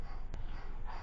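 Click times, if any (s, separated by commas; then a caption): 0.3 s. The second carbon brush is pushed into the brush holder of a Harbor Freight angle grinder, and it snaps into place with a short, sharp click at 0.3 s. Steady breathy background noise runs throughout, and the brush is seated.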